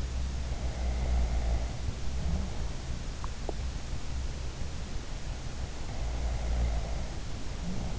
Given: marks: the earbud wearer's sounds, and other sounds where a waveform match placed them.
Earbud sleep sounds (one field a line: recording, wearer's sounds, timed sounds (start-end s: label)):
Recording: sounds in sleep by an in-ear microphone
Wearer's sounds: snoring breath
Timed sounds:
0.43-2.66 s: snoring breath
6.18-7.98 s: snoring breath